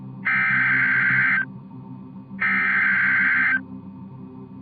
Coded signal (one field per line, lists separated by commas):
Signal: Emergency Alert System (SAME) tones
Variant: header bursts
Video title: 4 Scariest Emergency Alerts & EAS Alarms (Vol. 5)